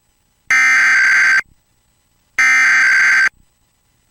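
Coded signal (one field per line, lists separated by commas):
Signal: Emergency Alert System (SAME) tones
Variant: header bursts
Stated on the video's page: Mock EAS alert, self-made, about a Washington DC 911 outage.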